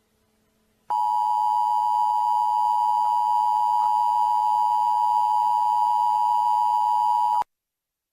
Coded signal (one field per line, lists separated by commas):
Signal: Emergency Alert System (SAME) tones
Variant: 853 and 960 Hz attention tone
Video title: Eas paranor